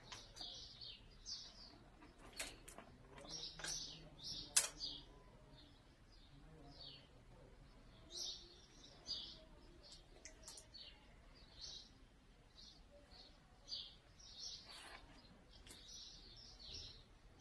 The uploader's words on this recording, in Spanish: Y de fondo, el sonido de los pájaros.